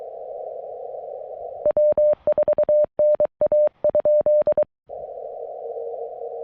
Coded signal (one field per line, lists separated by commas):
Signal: Morse code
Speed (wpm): 23 wpm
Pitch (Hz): 600 Hz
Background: none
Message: W4NA?